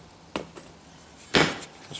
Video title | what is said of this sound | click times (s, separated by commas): Crazy fast ebike! can I get 50mph? Pt4 | big piece just pops right in | 1.3 s